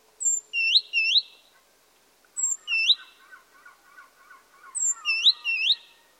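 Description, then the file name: Great tit sharp upslurred notes in quick groups of two or three, repeated about every two seconds, over soft lower warbling. "Parus major"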